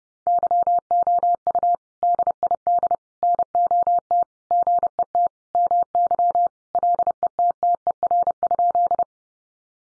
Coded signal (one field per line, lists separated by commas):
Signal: Morse code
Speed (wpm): 30 wpm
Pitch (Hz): 700 Hz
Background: none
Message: YOU DID NOT GET MY LETTER?